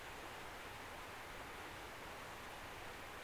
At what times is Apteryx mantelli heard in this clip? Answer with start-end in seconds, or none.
none